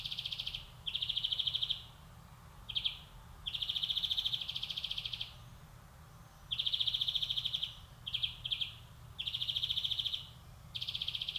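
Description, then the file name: European greenfinch giving rapid rattling trills in phrases of one to two seconds, with short stuttered bursts between them. "Chloris chloris"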